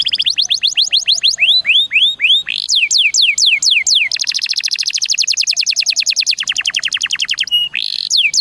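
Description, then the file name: Canary song alternating falling whistled notes and rapid buzzy trills, varied and continuous, ending with a short nasal phrase and more whistles. Canary song in the cengkok mewah (ornate) song style. "suara kenari cengkok mewah"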